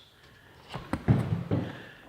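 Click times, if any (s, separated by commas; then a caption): 0.9 s. A small release mechanism on the bed rail track of a BakFlip MX4 truck bed cover is grabbed and popped loose so the cover can be moved slightly forward. A sharp click at 0.9 s marks it releasing, followed by louder rattling handling noises around 1.1 s and 1.5 s. The track release is freed.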